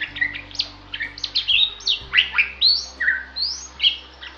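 Bali myna calling with a varied mix of slurred whistles and short harsh chatter notes, rising and falling in quick succession.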